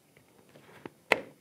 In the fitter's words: going to take the new visor we're gonna set it in place until we hear it click like